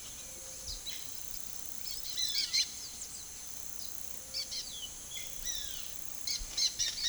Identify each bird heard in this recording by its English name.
Dusky-headed Parakeet, Roadside Hawk, Violaceous Jay